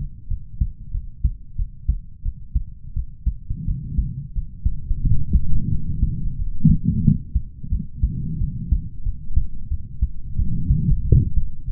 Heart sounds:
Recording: heart sounds by stethoscope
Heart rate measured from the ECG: 90 bpm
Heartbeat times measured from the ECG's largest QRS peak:
0.27 s: heartbeat
0.91 s: heartbeat
1.56 s: heartbeat
2.22 s: heartbeat
2.93 s: heartbeat
3.65 s: heartbeat
4.32 s: heartbeat
5.01 s: heartbeat
5.68 s: heartbeat
6.36 s: heartbeat
7.01 s: heartbeat
7.69 s: heartbeat
8.38 s: heartbeat
9.03 s: heartbeat
9.68 s: heartbeat
10.36 s: heartbeat
11.02 s: heartbeat
11.65 s: heartbeat
From the record:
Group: healthy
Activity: rest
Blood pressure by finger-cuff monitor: 106/76 mmHg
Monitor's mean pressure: 85 mmHg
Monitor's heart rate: 89 bpm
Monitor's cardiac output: 6.6 L/min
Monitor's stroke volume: 73 mL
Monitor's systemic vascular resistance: 950 dyn s/cm5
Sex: male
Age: 20 years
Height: 187 cm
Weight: 68.9 kg

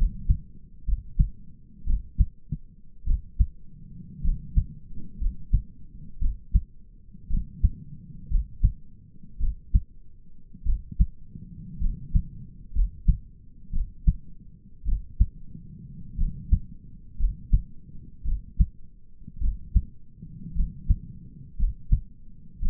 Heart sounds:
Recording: heart sounds by stethoscope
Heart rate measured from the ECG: 55 bpm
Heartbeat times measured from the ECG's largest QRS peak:
0.88 s: heartbeat
1.87 s: heartbeat
3.07 s: heartbeat
4.24 s: heartbeat
5.21 s: heartbeat
6.21 s: heartbeat
7.30 s: heartbeat
8.31 s: heartbeat
9.41 s: heartbeat
10.66 s: heartbeat
11.81 s: heartbeat
12.75 s: heartbeat
13.73 s: heartbeat
14.86 s: heartbeat
16.18 s: heartbeat
17.19 s: heartbeat
18.26 s: heartbeat
19.41 s: heartbeat
20.56 s: heartbeat
21.59 s: heartbeat
22.62 s: heartbeat
From the record:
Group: healthy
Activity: rest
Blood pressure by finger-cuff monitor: 114/72 mmHg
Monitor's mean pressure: 88 mmHg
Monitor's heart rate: 57 bpm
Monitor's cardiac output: 5.1 L/min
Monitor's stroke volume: 92 mL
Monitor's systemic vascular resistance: 1220 dyn s/cm5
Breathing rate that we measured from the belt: 14 breaths a minute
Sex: male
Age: 22 years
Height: 181 cm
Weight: 79 kg

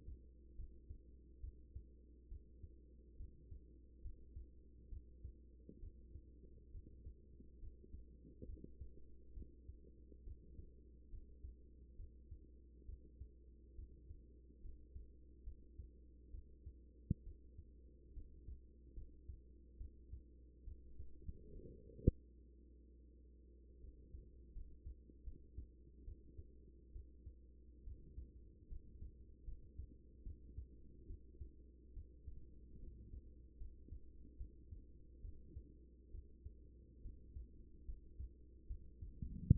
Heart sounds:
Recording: heart sounds by stethoscope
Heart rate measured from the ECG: 71 bpm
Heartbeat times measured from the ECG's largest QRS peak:
0.55 s: heartbeat
1.40 s: heartbeat
2.28 s: heartbeat
3.16 s: heartbeat
4.01 s: heartbeat
4.89 s: heartbeat
5.79 s: heartbeat
6.71 s: heartbeat
7.59 s: heartbeat
8.45 s: heartbeat
9.33 s: heartbeat
10.23 s: heartbeat
11.09 s: heartbeat
11.96 s: heartbeat
12.85 s: heartbeat
13.75 s: heartbeat
14.61 s: heartbeat
15.43 s: heartbeat
16.31 s: heartbeat
17.23 s: heartbeat
18.13 s: heartbeat
18.94 s: heartbeat
19.77 s: heartbeat
20.64 s: heartbeat
21.51 s: heartbeat
22.34 s: heartbeat
23.08 s: heartbeat
23.80 s: heartbeat
24.53 s: heartbeat
25.24 s: heartbeat
26.04 s: heartbeat
26.92 s: heartbeat
27.84 s: heartbeat
28.68 s: heartbeat
29.44 s: heartbeat
30.23 s: heartbeat
31.06 s: heartbeat
31.93 s: heartbeat
32.79 s: heartbeat
33.57 s: heartbeat
34.37 s: heartbeat
35.21 s: heartbeat
36.11 s: heartbeat
37.01 s: heartbeat
37.85 s: heartbeat
38.67 s: heartbeat
39.52 s: heartbeat
From the record:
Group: healthy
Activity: rest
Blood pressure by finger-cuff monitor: 107/64 mmHg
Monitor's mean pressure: 81 mmHg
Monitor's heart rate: 70 bpm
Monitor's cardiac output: 6 L/min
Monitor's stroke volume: 86 mL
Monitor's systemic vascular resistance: 980 dyn s/cm5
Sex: female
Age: 24 years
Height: 163 cm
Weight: 55.7 kg

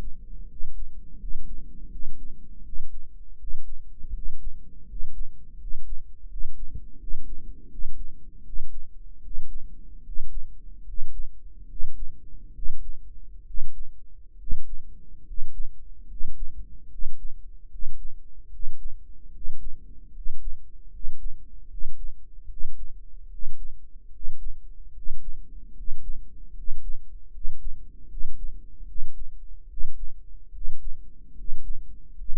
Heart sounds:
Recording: heart sounds by microphone in the right ear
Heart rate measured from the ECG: 76 bpm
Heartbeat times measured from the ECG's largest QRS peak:
0.46 s: heartbeat
1.17 s: heartbeat
1.89 s: heartbeat
2.62 s: heartbeat
3.37 s: heartbeat
4.12 s: heartbeat
4.85 s: heartbeat
5.57 s: heartbeat
6.27 s: heartbeat
6.97 s: heartbeat
7.68 s: heartbeat
8.42 s: heartbeat
9.20 s: heartbeat
10.02 s: heartbeat
10.83 s: heartbeat
11.66 s: heartbeat
12.52 s: heartbeat
13.44 s: heartbeat
14.36 s: heartbeat
15.23 s: heartbeat
16.05 s: heartbeat
16.87 s: heartbeat
17.68 s: heartbeat
18.48 s: heartbeat
19.30 s: heartbeat
20.11 s: heartbeat
20.89 s: heartbeat
21.67 s: heartbeat
22.46 s: heartbeat
23.28 s: heartbeat
24.09 s: heartbeat
24.91 s: heartbeat
25.72 s: heartbeat
26.52 s: heartbeat
27.29 s: heartbeat
28.06 s: heartbeat
28.84 s: heartbeat
29.66 s: heartbeat
30.50 s: heartbeat
31.33 s: heartbeat
32.13 s: heartbeat
From the record:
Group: healthy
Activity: rest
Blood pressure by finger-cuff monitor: 95/66 mmHg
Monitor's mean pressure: 74 mmHg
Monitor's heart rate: 77 bpm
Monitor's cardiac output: 6.5 L/min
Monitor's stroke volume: 86 mL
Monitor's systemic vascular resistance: 800 dyn s/cm5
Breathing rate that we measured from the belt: 12 breaths a minute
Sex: male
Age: 23 years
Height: 178 cm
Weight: 96.6 kg

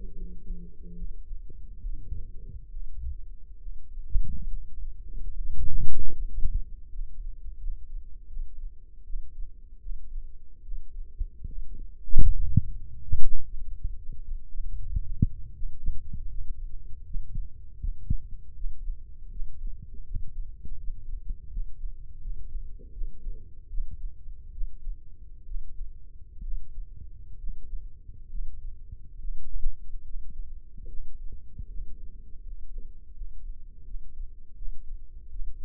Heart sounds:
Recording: heart sounds by microphone in the left ear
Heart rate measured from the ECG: 75 bpm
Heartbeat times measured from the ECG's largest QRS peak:
0.15 s: heartbeat
0.95 s: heartbeat
1.79 s: heartbeat
2.70 s: heartbeat
3.59 s: heartbeat
4.47 s: heartbeat
5.31 s: heartbeat
6.12 s: heartbeat
6.89 s: heartbeat
7.57 s: heartbeat
8.26 s: heartbeat
9.03 s: heartbeat
9.79 s: heartbeat
10.61 s: heartbeat
11.45 s: heartbeat
12.30 s: heartbeat
13.15 s: heartbeat
13.96 s: heartbeat
14.75 s: heartbeat
15.52 s: heartbeat
16.28 s: heartbeat
17.03 s: heartbeat
17.78 s: heartbeat
18.53 s: heartbeat
19.29 s: heartbeat
20.03 s: heartbeat
20.77 s: heartbeat
21.49 s: heartbeat
22.20 s: heartbeat
22.91 s: heartbeat
23.68 s: heartbeat
24.51 s: heartbeat
25.44 s: heartbeat
26.41 s: heartbeat
27.37 s: heartbeat
28.28 s: heartbeat
29.18 s: heartbeat
30.03 s: heartbeat
30.87 s: heartbeat
31.67 s: heartbeat
32.43 s: heartbeat
33.13 s: heartbeat
33.84 s: heartbeat
34.55 s: heartbeat
35.29 s: heartbeat
From the record:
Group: healthy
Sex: male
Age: 35 years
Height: 178 cm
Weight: 64 kg

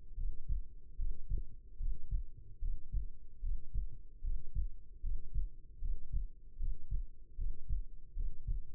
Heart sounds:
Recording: heart sounds by stethoscope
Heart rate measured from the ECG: 75 bpm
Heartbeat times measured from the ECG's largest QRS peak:
0.16 s: heartbeat
0.97 s: heartbeat
1.78 s: heartbeat
2.60 s: heartbeat
3.41 s: heartbeat
4.22 s: heartbeat
5.02 s: heartbeat
5.80 s: heartbeat
6.58 s: heartbeat
7.36 s: heartbeat
8.15 s: heartbeat
From the record:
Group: healthy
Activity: breath hold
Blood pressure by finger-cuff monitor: 105/66 mmHg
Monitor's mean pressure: 77 mmHg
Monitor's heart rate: 74 bpm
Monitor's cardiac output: 5.9 L/min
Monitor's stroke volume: 80 mL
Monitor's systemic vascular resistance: 940 dyn s/cm5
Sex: female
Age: 22 years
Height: 171 cm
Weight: 65.6 kg

